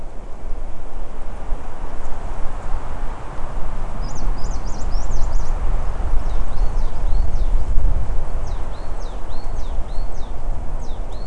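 Bird giving high, rapid zigzag notes in a short burst, then a series of sharp hooked notes, against constant low roaring background noise.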